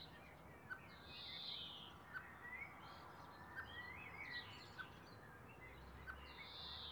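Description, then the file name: Common blackbird calls: sharp clicking notes repeated every second or so, mixed with short rising whistles over a steady background hiss. "Turdus merula"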